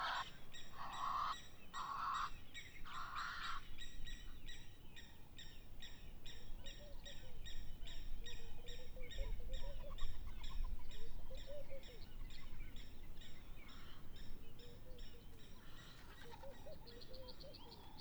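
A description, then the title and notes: Birdsong fills a stretch of Mmabolela Reserve in Limpopo, South Africa, with a rapid, regular ticking chatter repeating throughout. Three loud, bright bursts of calls open the first few seconds, and softer rising whistles and a thin high trill come in later over a low rumble. Sonic Mmabolela 2018. Mmabolela Reserve, Limpopo, South Africa.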